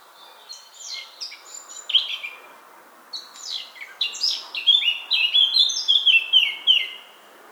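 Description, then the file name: Eurasian blackcap song: a quiet, scratchy chattering warble that breaks off, then resumes and swells into a loud run of clear, fluty whistled notes. "Sylvia atricapilla"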